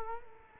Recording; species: mosquito wingbeat signal from an infrared sensor; Culex quinquefasciatus